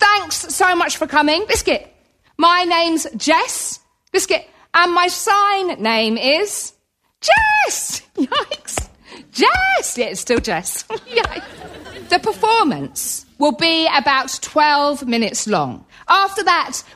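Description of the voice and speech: A woman speaks clearly and fluently, but her sentences are broken twice by the interjected word "Biscuit" and once by a sudden "Yikes!". These are involuntary vocal tics of Tourette syndrome, brief words that intrude on otherwise ordinary speech; the condition also brings movements she cannot control.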